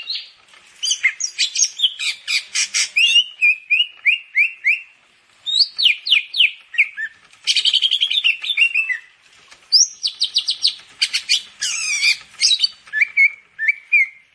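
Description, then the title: Grey-cheeked Bulbul giving a long, varied song: rattling trills alternate with descending whistled notes, in phrases split by short pauses. "Kicau Burung Cucak Jenggot"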